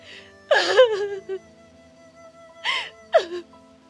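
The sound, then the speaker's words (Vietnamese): A woman sobs in a cracking, wavering voice, two strained bursts of crying with sliding pitch and gasping breaths, separated by a quieter pause. “tiếng khóc lạc giọng lại vang lên.”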